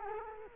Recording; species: mosquito wingbeat signal from an infrared sensor; Culex quinquefasciatus